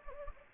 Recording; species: mosquito wingbeat signal from an infrared sensor; Anopheles gambiae